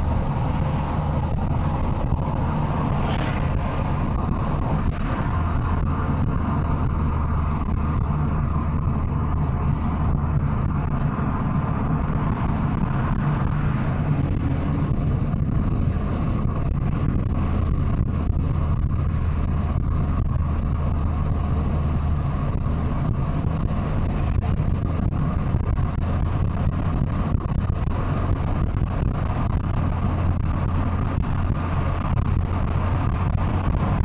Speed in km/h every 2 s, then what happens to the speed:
93, 95, 96, 87, 83, 83, 86, 92, 94, 90, 89, 88, 88, 90, 89, 87, 96.
4-8 slows to 83. 8-15 speeds up to 94. 15-30 steady at about 89. 30-34 speeds up to 96.